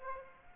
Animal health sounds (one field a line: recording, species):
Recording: mosquito wingbeat signal from an infrared sensor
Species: Aedes aegypti